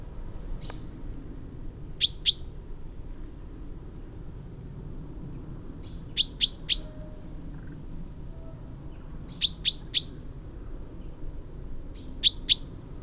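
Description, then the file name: Common chaffinch calls: sharp, high 'pink' notes in quick pairs or triplets, repeated every few seconds, with a faint single note near the start; quiet low background rumble. "Fringilla coelebs"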